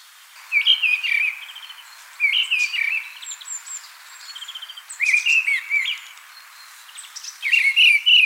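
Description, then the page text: Mistle thrush singing clear whistled phrases with scratchy flourishes, five bursts separated by short pauses. "Mistle Thrush Song. Quick Sounds"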